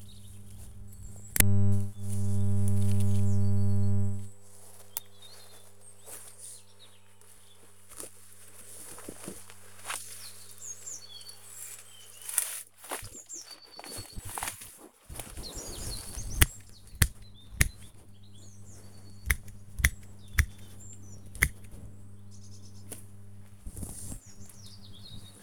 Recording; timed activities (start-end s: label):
household activities, microphone on the right wrist
0.00-25.43 s: cutting wood